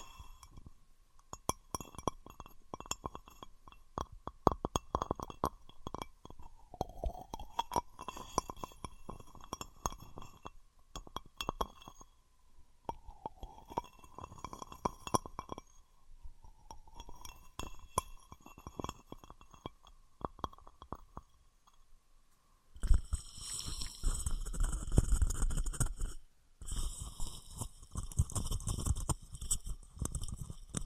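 Glass is rubbed and tapped, giving a steady ringing tone that wavers and dips now and then, scattered with quick clinks and ticks. Around 23 seconds a loud, dense scraping rush takes over, breaking off briefly near 26 seconds before resuming.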